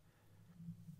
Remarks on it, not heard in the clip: Snoring behind us. That was a pretty good deep snore. We got some snoring, some pup. We got dogs making weird noises in their sleep. The snores in the background of the old podcast.